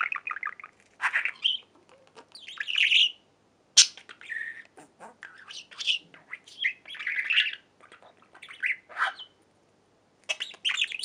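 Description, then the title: Budgerigar warbling: busy scratchy chirps, clicks and squawky notes, coming in short runs with gaps. "Budgie Sounds"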